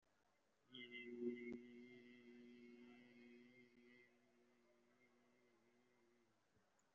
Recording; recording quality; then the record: sustained vowel as in beet; excellent, no background noise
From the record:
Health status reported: recovered from COVID-19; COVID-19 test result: positive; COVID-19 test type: RT-PCR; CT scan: taken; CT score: 5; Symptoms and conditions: cough, cold, breathing difficulty, chronic lung disease, pneumonia, ischaemic heart disease, another condition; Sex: male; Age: 57 years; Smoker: no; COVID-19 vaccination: both doses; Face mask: worn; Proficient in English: no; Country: India